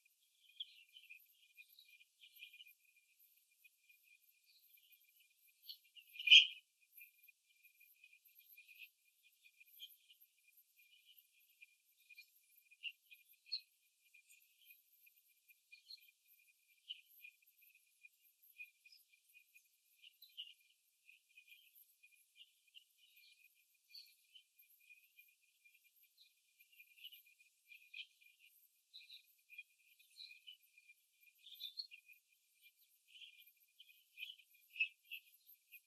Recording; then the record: young laying hens in a cage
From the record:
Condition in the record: before the stressor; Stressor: simulated dog barking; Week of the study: 2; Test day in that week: 3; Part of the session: 3